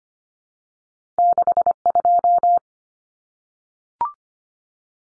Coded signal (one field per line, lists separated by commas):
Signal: Morse code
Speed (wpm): 25 wpm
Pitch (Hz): 700 Hz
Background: none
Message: 62